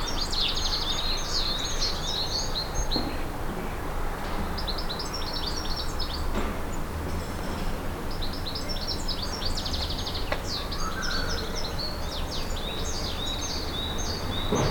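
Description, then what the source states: Garden birds twitter and chirp in clusters of rapid high notes, pausing briefly, over constant low background noise. Garden birds in a countryside air ambience.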